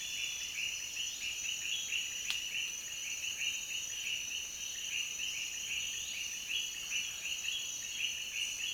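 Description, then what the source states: Frogs calling together in quick overlapping notes, a dense pulsing chorus, with a constant shrill buzz above and one sharp click early on. Frog chorus recorded in Peru.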